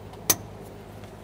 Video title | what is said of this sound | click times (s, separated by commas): How to Replace Fuel Pump 2010-2013 Kia Forte Koup 2.4L L4 | there was an audible click we'll give it a tug | 0.3 s